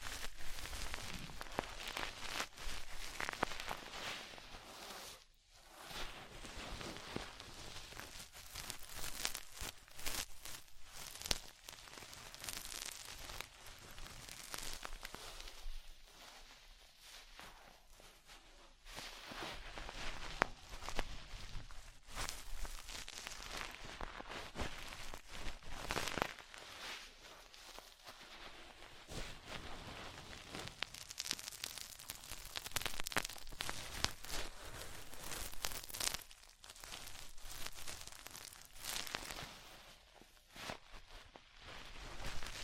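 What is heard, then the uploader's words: Deep ear cleaning sounds: dense, bright scratching and crackling rustles that come in bursts, with brief near-silent gaps around 5, 16 and 28 seconds. The texture shifts constantly between rough, crackly scraping and softer brushing, much like rain spattering on a surface. ASMR Deep Ear Cleaning Session.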